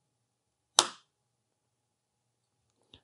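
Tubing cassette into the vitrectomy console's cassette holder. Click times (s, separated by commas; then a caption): 0.8 s. A tubing cassette, inserted tilted, is pressed down into the cassette slot of a Faros vitrectomy console. A sharp, loud click at 0.8 s marks the cassette seating into place, followed by a much fainter click at about 2.9 s.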